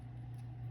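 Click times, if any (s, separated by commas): none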